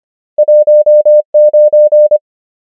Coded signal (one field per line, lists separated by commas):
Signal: Morse code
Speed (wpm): 25 wpm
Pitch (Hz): 600 Hz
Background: none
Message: 1 9